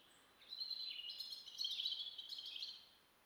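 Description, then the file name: European robin song: a continuous run of high, twittering, tumbling notes lasting over two seconds against a quiet hissy background. "Erithacus rubecula"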